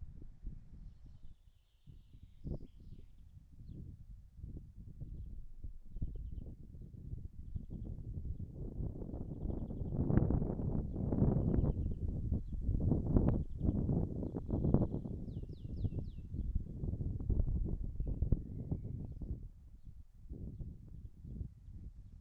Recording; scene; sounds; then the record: everyday scene through a hearing-aid microphone; wind on the microphone; wind, birds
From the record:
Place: in front of a rural house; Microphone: behind the ear, right, front